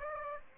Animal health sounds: mosquito wingbeat signal from an infrared sensor; Aedes aegypti

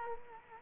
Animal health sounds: mosquito wingbeat signal from an infrared sensor; Culex quinquefasciatus

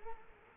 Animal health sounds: mosquito wingbeat signal from an infrared sensor; Culex quinquefasciatus

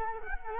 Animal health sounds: mosquito wingbeat signal from an infrared sensor; Culex quinquefasciatus

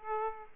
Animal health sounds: mosquito wingbeat signal from an infrared sensor; Aedes aegypti

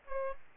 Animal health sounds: mosquito wingbeat signal from an infrared sensor; Aedes aegypti

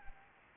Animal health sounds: mosquito wingbeat signal from an infrared sensor; Anopheles arabiensis

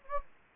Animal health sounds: mosquito wingbeat signal from an infrared sensor; Anopheles gambiae

